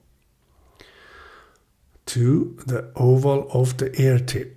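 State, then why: Not seated. A new left silicone ear tip is held with its oval lined up to the oval nozzle of an Apple AirPods Pro wireless earbud, ready to be pushed on. Faint handling rustle runs from about 0.5 to 1.6 s with a brief soft tick at 0.8 s, then someone talks from about 2.1 s to the end. Nothing has seated or clicked yet.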